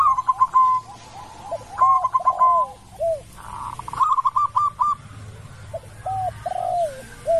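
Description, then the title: Zebra dove trilling coos and lower slurred notes over a humming background, phrases spaced a few seconds apart. Local zebra dove singing actively; recording made for training other birds. "Perkutut Lokal Gacor MASTERAN"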